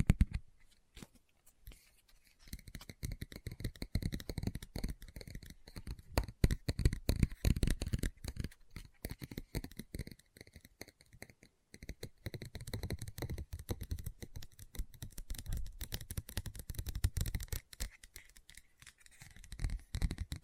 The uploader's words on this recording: Book Tapping, Scratching, Page Turning.